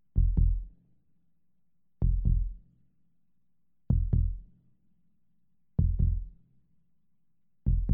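Deep paired lub-dub thumps repeat evenly about every two seconds, roughly 32 beats a minute, with a faint steady hum underneath. This is a normal adult human heartbeat recorded in a hospital, with two clear heart sounds per beat.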